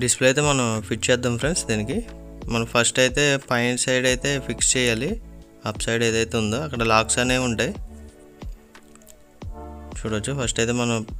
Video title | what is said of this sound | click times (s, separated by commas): IPHONE 13 DISPLAY REPLACEMENT TELUGU WITH OUT ANY ERROR MESSAGE HOW TO CHANGE | అనేది పైన ఏదైతే ఉందో అక్కడైతే ఫస్ట్ లాక్ అనేది అవ్వాలి మనకి ఇక్కడైతే మనకి లాక్ అవ్వట్లేదు | none